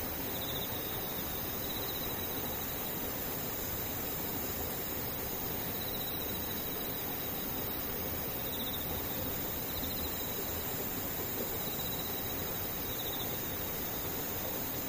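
Rain hisses in a dense, unbroken wash for the whole clip, while insects shrill thinly in steady high bands that pulse faintly.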